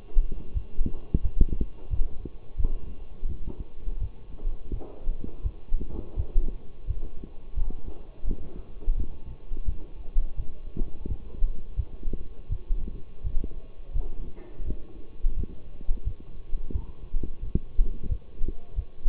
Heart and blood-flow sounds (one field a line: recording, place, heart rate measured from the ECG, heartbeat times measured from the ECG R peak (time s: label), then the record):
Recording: heart sounds by stethoscope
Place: between the tricuspid and mitral areas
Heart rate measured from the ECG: 86 bpm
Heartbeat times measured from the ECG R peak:
0.53 s: heartbeat
1.22 s: heartbeat
1.89 s: heartbeat
2.57 s: heartbeat
3.27 s: heartbeat
4.00 s: heartbeat
4.71 s: heartbeat
5.42 s: heartbeat
6.16 s: heartbeat
6.86 s: heartbeat
7.55 s: heartbeat
8.26 s: heartbeat
8.96 s: heartbeat
9.65 s: heartbeat
10.36 s: heartbeat
11.07 s: heartbeat
11.76 s: heartbeat
12.48 s: heartbeat
13.23 s: heartbeat
13.93 s: heartbeat
14.65 s: heartbeat
15.35 s: heartbeat
16.04 s: heartbeat
16.72 s: heartbeat
17.41 s: heartbeat
18.08 s: heartbeat
18.75 s: heartbeat
From the record:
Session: walking at 3.7 km/h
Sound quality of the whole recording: partially saturated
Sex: male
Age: 24 years